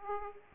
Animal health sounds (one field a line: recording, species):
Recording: mosquito wingbeat signal from an infrared sensor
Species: Aedes aegypti